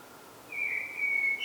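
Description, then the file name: Common blackbird call: a thin drawn-out high note, followed by a brief higher squeak at the end. "Turdus merula"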